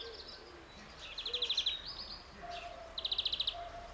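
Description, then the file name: European greenfinch calling with two quick, evenly pulsed trills of high chirping notes, each lasting about half a second, while a soft lower whistle sounds in the background. "Chloris chloris"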